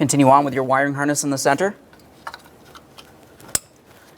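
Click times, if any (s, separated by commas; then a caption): 3.6 s. Someone talks, then an engine wiring harness connector is pushed onto the ignition coil of a 1998-2011 Ford Ranger 2.3L L4 during a valve cover gasket set replacement. A few faint ticks are followed by a sharp click at 3.6 s as the connector seats, and it is then tugged to check it is secure.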